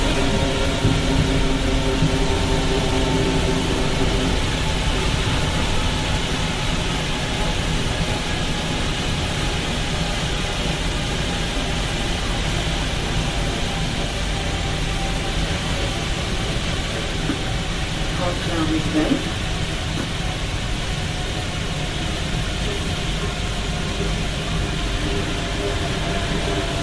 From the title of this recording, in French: Métro parisien